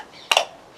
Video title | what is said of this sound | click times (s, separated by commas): Mora Outdoor - A Quick Introduction | you know you've got your little belt clip on the back and that's really all I'm likely to ever use it's got a nice click | 0.3 s